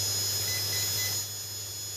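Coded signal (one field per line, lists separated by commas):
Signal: none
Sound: ESC confirmation beeps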